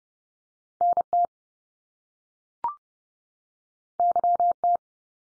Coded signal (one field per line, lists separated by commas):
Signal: Morse code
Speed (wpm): 30 wpm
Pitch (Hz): 700 Hz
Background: none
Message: NT YT